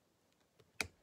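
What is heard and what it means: A small component is rotated and pushed into the body of a Tillotson HS147D chainsaw carburetor. Faint ticks are followed by a single sharp click at 0.8 s as the part locks into place.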